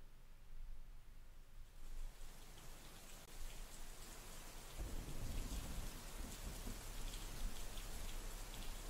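heavy rain with thunder

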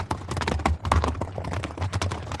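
horse hooves clip-clopping

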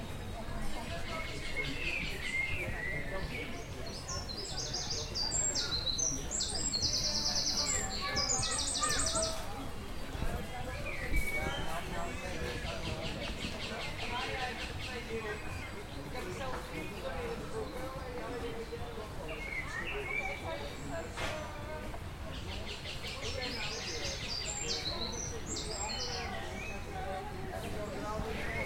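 birds chirping and singing

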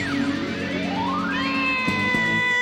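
cat meowing

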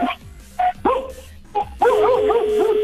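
dog barking

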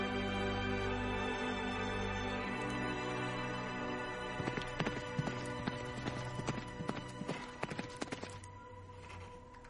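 horse hooves clip-clopping

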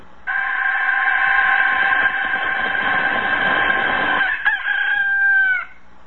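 rooster crowing

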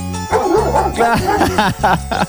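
dogs barking

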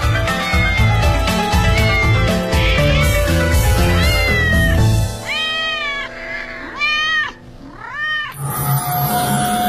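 cat meowing

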